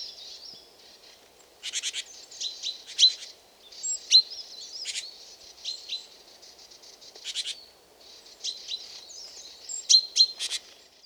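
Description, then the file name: Great tit calls: sharp high chirps and short buzzy bursts in irregular clusters, with a thin lower hum running underneath throughout. "Parus major"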